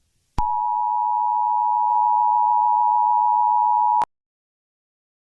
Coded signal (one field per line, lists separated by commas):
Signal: Emergency Alert System (SAME) tones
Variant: 853 and 960 Hz attention tone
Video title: Las Vegas(a Jurassic Park novel eas scenario) analong horror